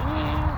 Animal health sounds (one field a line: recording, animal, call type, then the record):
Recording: contact call of a hoofed animal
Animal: wild boar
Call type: grunt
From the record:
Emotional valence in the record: positive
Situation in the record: naturally occurring affiliative interactions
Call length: 0.58 s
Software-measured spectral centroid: 1620 Hz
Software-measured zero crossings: 1090 a second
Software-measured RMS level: -24 dBFS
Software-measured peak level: -13 dBFS